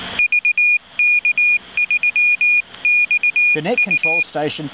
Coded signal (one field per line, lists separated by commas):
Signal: Morse code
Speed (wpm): 19 wpm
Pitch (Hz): 2450 Hz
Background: speech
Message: VK3XU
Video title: The 'Bigger Toy' 7MHz QRP Txcvr on the Sunday CW Net